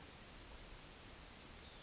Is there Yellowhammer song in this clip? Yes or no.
yes